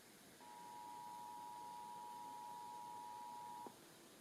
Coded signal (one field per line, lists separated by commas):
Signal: Emergency Alert System (SAME) tones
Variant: 853 and 960 Hz attention tone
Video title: [EAS #55-58] San Francisco and Fresno's February RMT's